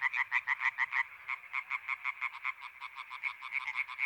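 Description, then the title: European tree frog chorus of quick, harsh croaks, several frogs overlapping in a fast, slightly uneven series. Chorus on 21 May 1993 at a pond in Sologne, France, at night, an hour after dark, with intense calling activity. "Choeur de rainettes en Sologne"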